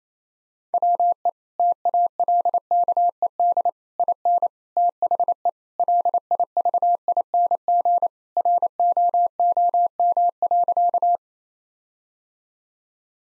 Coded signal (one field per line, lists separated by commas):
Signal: Morse code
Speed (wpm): 28 wpm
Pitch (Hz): 700 Hz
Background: none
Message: WE TALKED IN THE LIVING ROOM.